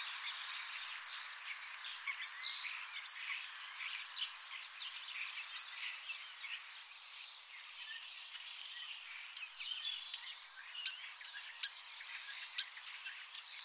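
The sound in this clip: Birds calling in a dense chorus of high chirps and quick sweeping notes that overlap throughout, with a steady hiss underneath.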